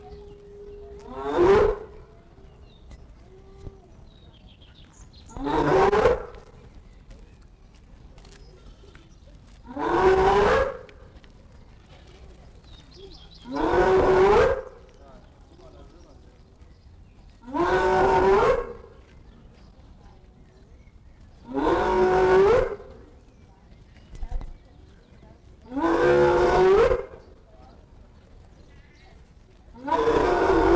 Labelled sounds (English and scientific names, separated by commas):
Spotted Hyaena (Crocuta crocuta) call